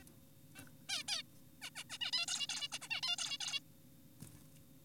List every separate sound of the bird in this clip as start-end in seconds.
0.56-0.64, 0.89-1.04, 1.08-1.22, 1.62-1.70, 1.76-1.84, 1.90-1.98, 2.01-2.11, 2.13-2.26, 2.28-2.47, 2.49-2.68, 2.72-2.79, 2.82-2.88, 2.90-3.01, 3.03-3.16, 3.18-3.38, 3.41-3.60